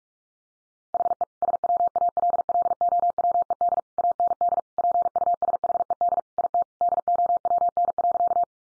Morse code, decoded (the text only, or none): HE SWALLOWED AND PUSHED IT DOWN.